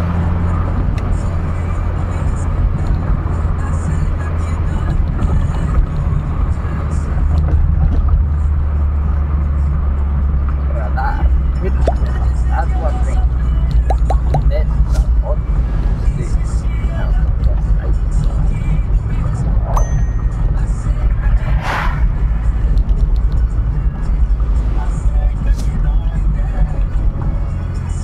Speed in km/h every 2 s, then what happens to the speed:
79, 75, 74, 71, 64, 61, 54, 47, 46, 46, 48, 48, 47, 38.
0-14 slows to 47. 14-23 steady at about 47. 23-28 slows to 38.